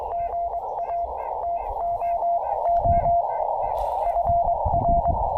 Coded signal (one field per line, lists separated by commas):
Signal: Morse code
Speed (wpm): 20 wpm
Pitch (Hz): 690 Hz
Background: radio noise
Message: GA TOO FR